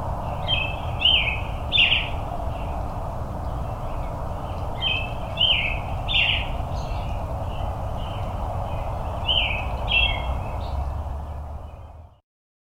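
Robin singing clusters of brief, bright, slurred notes in bursts every four seconds or so, with constant low noise underneath until the sound cuts off near the end.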